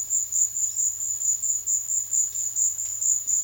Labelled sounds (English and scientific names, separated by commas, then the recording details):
none
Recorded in secondary vegetation near Puerto Asís, Putumayo, Colombia, on 22 June 2025 at 14:30
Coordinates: 0.500, -76.326
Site GP08